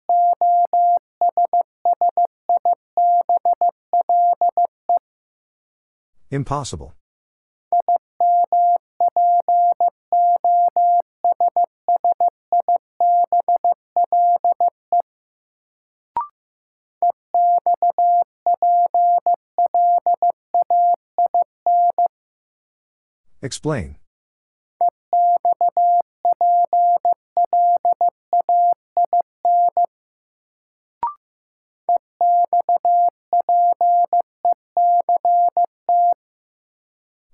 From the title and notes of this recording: First, the word is sent in Morse code. Then it is spoken.